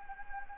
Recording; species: mosquito wingbeat signal from an infrared sensor; Anopheles gambiae